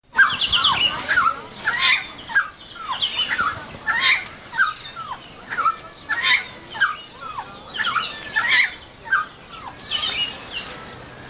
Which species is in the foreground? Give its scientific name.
Philemon buceroides